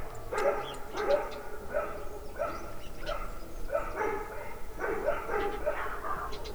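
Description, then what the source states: Dog giving a run of rough barks, roughly one every half to three-quarters of a second, with low rumbling background noise throughout. Dog in a farmyard, recorded with spatial effect.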